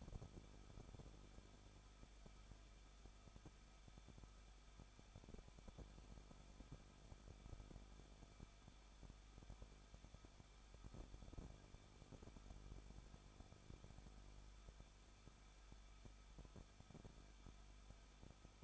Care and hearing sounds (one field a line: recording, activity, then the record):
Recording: daily activity, microphone in the room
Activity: no activity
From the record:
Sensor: 5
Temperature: 20.8 degrees Celsius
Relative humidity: 38.3%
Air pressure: 1006.6 hPa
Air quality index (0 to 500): 186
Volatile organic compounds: 17 ppm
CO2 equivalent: 2597 ppm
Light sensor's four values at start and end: 2/3/1/1 and 2/3/1/1